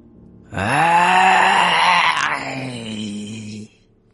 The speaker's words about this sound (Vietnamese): Tiếng gầm thét trầm đục vọng ra từ ba kẻ đó.